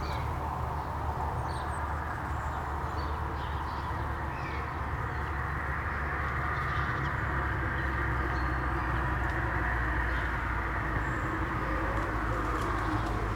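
A village ambience of constant low rumble and steady murmur, like traffic, with a few faint, brief bird calls scattered above it.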